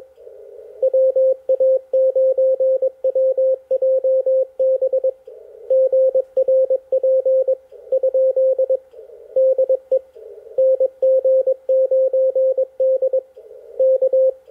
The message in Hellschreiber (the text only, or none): none